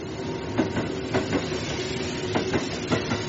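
A train rolls steadily along the rails, a continuous rumbling drone broken by paired clickety-clack knocks from the wheels crossing track joints every second or so. No one speaks.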